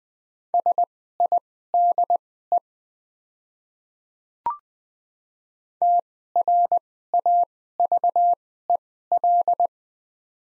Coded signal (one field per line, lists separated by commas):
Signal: Morse code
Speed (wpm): 20 wpm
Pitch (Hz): 700 Hz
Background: none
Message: SIDE TRAVEL